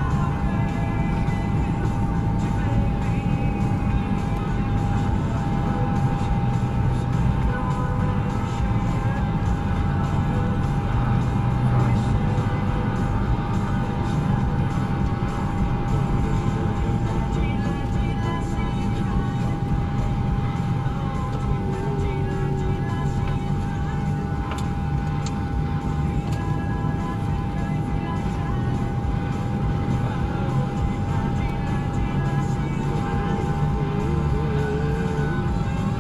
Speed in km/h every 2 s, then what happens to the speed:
66, 71, 72, 74, 77, 79, 79, 71, 58, 44, 34, 16, 11, 19, 34, 44, 55, 63.
0-9 speeds up to 79. 12-23 brakes to 11. 23-36 speeds up to 63.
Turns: none.